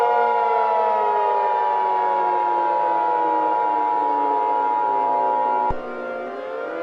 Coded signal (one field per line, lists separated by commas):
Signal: Emergency Alert System (SAME) tones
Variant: 853 and 960 Hz attention tone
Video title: The Worst Black Hole Scenario Remastered - A remastered EAS mini scenario